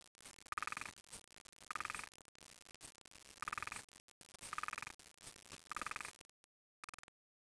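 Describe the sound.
Frog calling in short bursts, repeated every one to two seconds, half buried in heavy crackling static.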